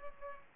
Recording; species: mosquito wingbeat signal from an infrared sensor; Aedes aegypti